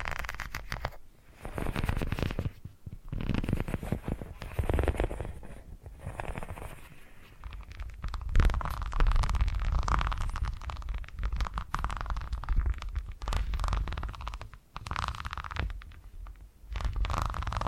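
Soft purring ASMR sounds rumble low and continuously, broken by brief pauses near one, three and fifteen seconds, with faint scratchy rustles throughout.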